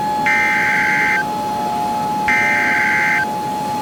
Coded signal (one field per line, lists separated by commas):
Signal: Emergency Alert System (SAME) tones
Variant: header bursts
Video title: the wedge. (clayranger143 eas scenario recreation)